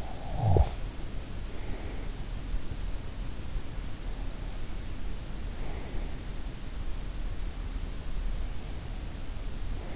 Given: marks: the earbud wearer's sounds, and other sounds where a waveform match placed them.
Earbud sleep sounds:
sounds in sleep by an in-ear microphone; snoring breath
0.00-0.77 s: snoring breath

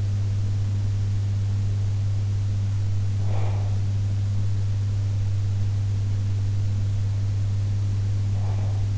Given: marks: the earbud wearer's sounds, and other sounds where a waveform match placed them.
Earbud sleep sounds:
sounds in sleep by an in-ear microphone; breath
3.25-3.82 s: breath

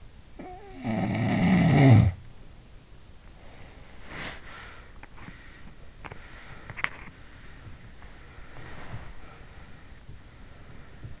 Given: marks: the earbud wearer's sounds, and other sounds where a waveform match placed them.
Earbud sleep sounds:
sounds in sleep by an in-ear microphone; snoring breath, body movement, teeth grinding, breath
0.00-2.85 s: snoring breath
3.66-4.84 s: body movement
5.48-7.83 s: teeth grinding
8.18-11.20 s: breath

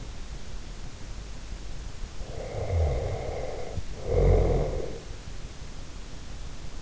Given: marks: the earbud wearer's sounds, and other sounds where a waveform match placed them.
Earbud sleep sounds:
sounds in sleep by an in-ear microphone; snoring breath
2.29-5.09 s: snoring breath

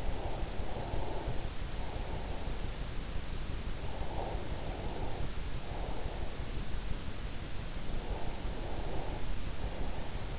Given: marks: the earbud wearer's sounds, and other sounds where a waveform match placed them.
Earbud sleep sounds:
sounds in sleep by an in-ear microphone; breath
0.00-2.39 s: breath
3.71-6.22 s: breath
8.00-10.39 s: breath

